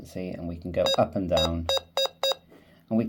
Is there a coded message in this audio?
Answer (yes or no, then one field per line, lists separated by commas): no